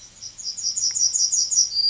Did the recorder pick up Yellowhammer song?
yes